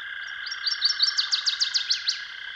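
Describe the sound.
Northern waterthrush song: a run of ringing notes that grows louder, finishing with emphatic falling slurs, set against a continuous humming drone.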